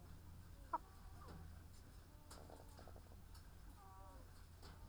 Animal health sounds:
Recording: poultry house recording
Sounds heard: sick chickens (respiratory disease)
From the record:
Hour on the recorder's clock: 15

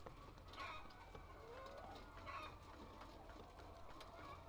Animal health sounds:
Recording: poultry house recording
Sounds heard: healthy chickens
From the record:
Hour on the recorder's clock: 6

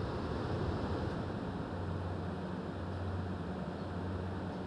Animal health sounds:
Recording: poultry house recording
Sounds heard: no chicken sound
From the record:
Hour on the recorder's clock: 22

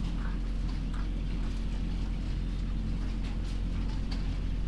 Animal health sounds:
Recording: poultry house recording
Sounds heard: sick chickens (respiratory disease)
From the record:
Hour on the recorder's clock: 3

